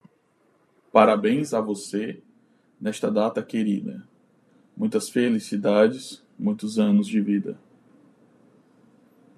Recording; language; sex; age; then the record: short text; Brazilian Portuguese; male; 30 to 39 years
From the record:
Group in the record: control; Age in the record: 36 years